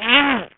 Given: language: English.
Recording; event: throat vibration sensor signal played as sound; throat clearing